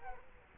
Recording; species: mosquito wingbeat signal from an infrared sensor; Culex quinquefasciatus